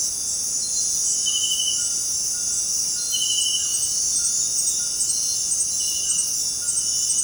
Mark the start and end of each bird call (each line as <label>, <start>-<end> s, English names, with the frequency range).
White-throated Toucan (0.4-1.9 kHz), 1.64-7.23 s